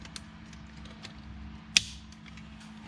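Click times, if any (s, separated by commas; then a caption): 1.8 s. A 3D-printed plastic dash switch is pushed into the blank switch slot in the dashboard of a Subaru Crosstrek. Over a quiet background with a faint tick at 0.2 seconds, it seats with a single sharp snap at 1.8 seconds, and the switch sits in place.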